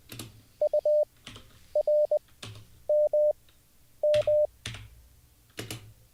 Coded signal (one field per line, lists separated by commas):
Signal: Morse code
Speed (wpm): 20 wpm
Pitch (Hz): 600 Hz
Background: none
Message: URMM